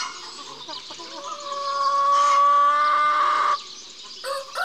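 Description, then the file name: Chicken sounds: a long drawn-out call that swells, holds and stops abruptly, with a few brief calls before and after. Rooster and hens. "kogut kury"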